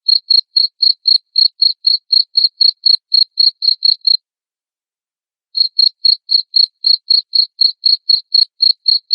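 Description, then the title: Cricket chirping steadily at around four pulses a second, a brief silence of about one and a half seconds, then the same high chirps again. Loud cricket chirping (ngerik), played to make lovebirds keep singing (ngekek). "Suara JANGKRIK NGERIK Keras Bikin LOVEBIRD Jadi NGEKEK Terus Vubey"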